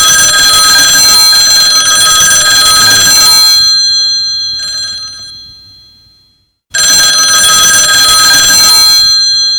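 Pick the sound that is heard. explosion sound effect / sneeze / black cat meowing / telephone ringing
telephone ringing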